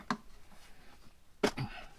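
A plastic intake manifold cover is pressed down onto its engine mounting grommets or clips, and sharp snaps are heard at 0.1 s and 1.4 s. The second snap is followed by a brief low rattle. The cover is seated, snapped into place.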